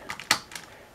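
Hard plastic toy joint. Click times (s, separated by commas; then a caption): 0.3 s. A forearm section of a plastic Transformers Masterpiece Soundwave figure (Year of the Goat edition) is rotated into its locked transformation position. Light plastic ticks at about 0.1 and 0.2 seconds lead to a sharp, bright click at 0.3 seconds, followed by a softer tick near 0.6 seconds. The section clicks and pegs right into place.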